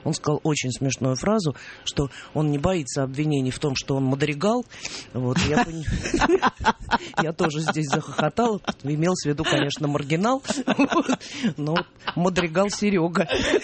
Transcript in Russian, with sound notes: Он сказал очень смешную фразу, что он не боится обвинений в том, что он мадригал. (все смеются) Я тоже здесь захохотала. Имелось в виду, конечно, маргинал. Но мадригал Серега.